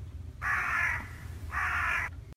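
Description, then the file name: Crow cawing: two long, harsh, hoarse caws separated by a brief pause, over a faint low rumble. "Corbeau"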